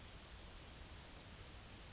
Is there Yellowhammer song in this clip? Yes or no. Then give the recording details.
yes. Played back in grassland. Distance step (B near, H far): D. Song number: 052